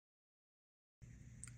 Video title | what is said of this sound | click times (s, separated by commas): WWE Mattel Ultimate Edition nWo Eric Bischoff & WCW Monday Nitro Ring Unboxing Review! | All right, so we got the wood pieces put on there, and they snap in pretty easy. | 1.4 s